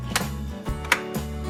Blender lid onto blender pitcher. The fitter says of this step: We're gonna close this up. Hear that snap?